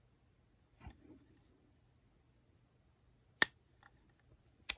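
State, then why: Seated. A miniature coaxial antenna cable connector is pressed onto its socket on a triple-band GNSS receiver card after several fiddly attempts. Faint handling rustles lead into a sharp click at 3.4 s and a softer tick at 3.9 s. A final distinct click at 4.7 s marks the connector seating properly.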